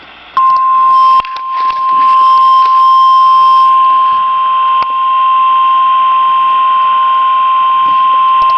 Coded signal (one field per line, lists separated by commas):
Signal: Emergency Alert System (SAME) tones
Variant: 1050 Hz attention tone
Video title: NOW IT'S MINNESOTA'S TURN... EAS Alerts from 3/10/2021 (EAS #204-212)